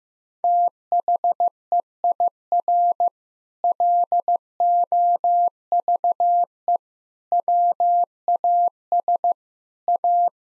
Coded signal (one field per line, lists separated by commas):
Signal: Morse code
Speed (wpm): 15 wpm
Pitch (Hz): 700 Hz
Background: none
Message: THEIR LOVE WAS A